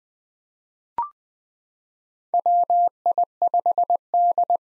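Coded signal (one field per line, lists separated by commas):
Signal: Morse code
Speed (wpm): 20 wpm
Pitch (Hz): 700 Hz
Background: none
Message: WI5D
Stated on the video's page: Common 2023 POTA activator call signs sent at 20 wpm for head-copy practice, each sent in Morse, spoken, then sent again.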